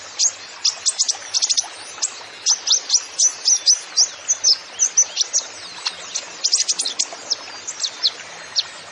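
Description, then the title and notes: Kolibri ninja song, a busy run of rapid high-pitched chips and thin trills pouring out almost without pause. Masteran recording for training songbirds, bird singing vigorously (gacor) with full fill-in phrases (isian) and bursts (tembakan), suited as a lure (pancingan) to prompt other birds. "MASTERAN KOLIBRI NINJA TERBAIK FULL ISIAN DAN TEMBAKAN MEWAH COCOK BUAT PANCINGAN. Suara Burung Kolibri Ninja Gacor"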